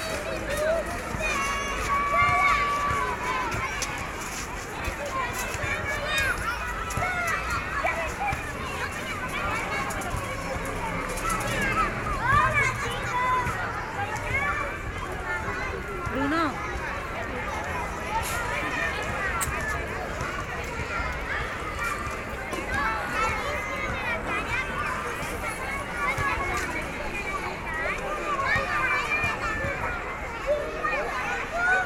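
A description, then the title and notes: Children play at a playground, their voices forming a steady, dense babble of chatter and shouts. Brighter cries and calls rise over the mix every few seconds, with footsteps and movement. A constant low outdoor hum runs underneath throughout. Children at Playground. Kyseinen miniteos on äänitetty leikkipuistossa Barcelonassa. Tässä puistossa kotaavat sadat lapset päivittäin koulujen loputtua. He kerääntyvät leikkimään, keinumaan, liukumaan mäessä sekä pelaamaan tennistä ja jalkapalloa, viihtyisä keidas liikenteen pauhun keskellä.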